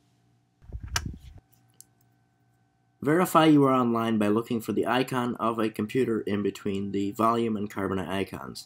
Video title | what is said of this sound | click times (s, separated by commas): How to Upload Photos to Shutterfly on a Slow Internet Connection | make sure the cable clicks into place | 1.0 s